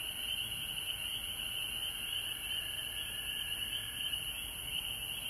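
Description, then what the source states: Frogs give a continuous high chorus, with a fainter, lower band of sound that stops shortly before the end. Several frogs recorded at home in Georgia on March 19, 2020.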